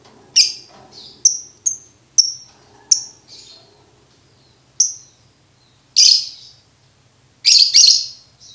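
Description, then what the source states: Lovebird song of high, sharp chirps at irregular intervals, followed by harsher, buzzy bursts. Lovebird song used as a training recording for birds to learn ngekek.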